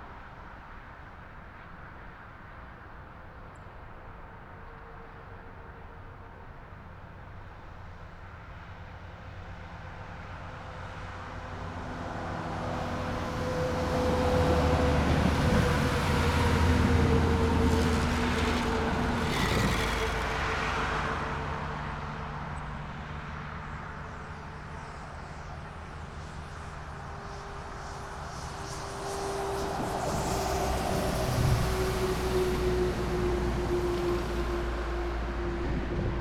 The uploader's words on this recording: Soothing Nighttime Motorway.